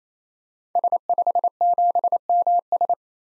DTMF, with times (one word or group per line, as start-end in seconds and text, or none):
none